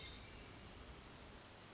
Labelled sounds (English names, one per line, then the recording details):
Hermit Thrush
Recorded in Sonoma County, California